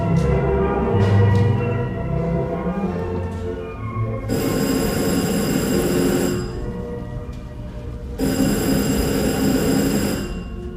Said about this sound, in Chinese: 电话又来了，弗朗格先生，你听见了吗？ 我听到了， 已经是第三次了，弗朗格先生，第三次了，这是信号，密普正在设法跟我们联系呢。